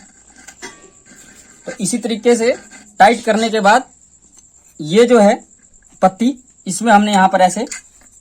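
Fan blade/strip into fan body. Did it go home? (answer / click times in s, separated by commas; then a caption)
no / none. During reassembly of a ceiling fan being repaired for a squeaking noise, a fan part (a blade or metal strip) is handled and hooked into place on the fan body after tightening. Someone talks over the handling, with faint light tapping and handling sounds. Nothing has seated or clicked yet.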